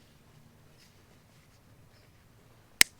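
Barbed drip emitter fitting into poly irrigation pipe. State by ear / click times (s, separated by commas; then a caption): seated / 2.8 s. The barbed end of a drip emitter or bubbler fitting is pushed into a freshly punched hole in plastic poly irrigation tubing. After a stretch of quiet low rumble, a single sharp snap rings out at 2.8 seconds as the barb seats into the pipe.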